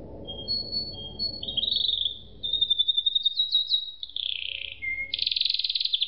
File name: suara kenari makige